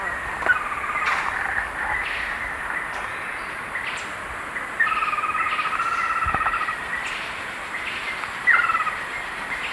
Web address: Natures Songs S America Eastern Lowlands Monasa morphoeus, calls